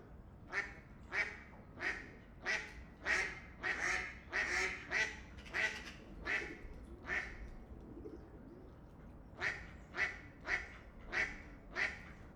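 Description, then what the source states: Duck quacking in harsh nasal quacks, repeated about every two-thirds of a second in a long series, a brief pause, then resuming, over a low steady background rumble. Ducks close by on a canal in Europe during the day.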